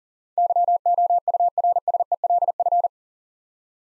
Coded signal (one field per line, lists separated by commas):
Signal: Morse code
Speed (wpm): 40 wpm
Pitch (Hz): 700 Hz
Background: none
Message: YOURSELF